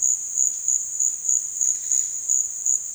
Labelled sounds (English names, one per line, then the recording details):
none
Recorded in dense forest near Puerto Asís, Putumayo, Colombia, on 23 June 2025 at 15:30
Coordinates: 0.466, -76.327
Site GP04